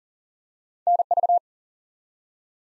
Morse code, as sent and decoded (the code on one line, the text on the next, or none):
-. ...-
NV